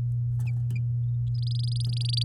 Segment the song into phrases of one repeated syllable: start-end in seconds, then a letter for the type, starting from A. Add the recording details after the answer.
1.34-2.25 A. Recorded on 9 May 2018 at 07:25. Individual llb16